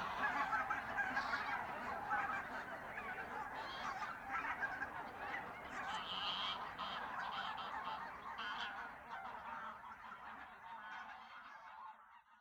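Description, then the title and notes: Goose: many geese honk in a rapid, overlapping chorus that gradually thins and fades out over the final seconds. Geese at renaturalised Polder Glies, Sellstedt, Germany, 9 November 2020; binaural ORTF pair of t.bone SC 140 microphones with Rycote windjammer, recorded on TASCAM DR100 MK3. "Oies - Geese. Enregistrement binaural d'oiseaux dans la zone re-naturalisé de Polder Glies, Sellstedt, Allemagne. Enregistré le 09 Novembre 2020"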